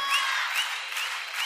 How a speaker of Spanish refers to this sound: ¡Aplausos, aplausos!